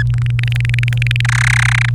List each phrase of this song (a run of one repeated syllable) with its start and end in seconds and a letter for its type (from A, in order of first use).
0.10-1.21 A, 1.25-1.89 B